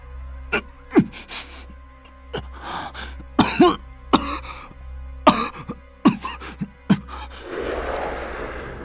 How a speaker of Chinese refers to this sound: 说完这句话，黑气倏然缩回体内，男人身体一软，跪倒在地上剧烈咳嗽，连鼻涕眼泪都呛了出来。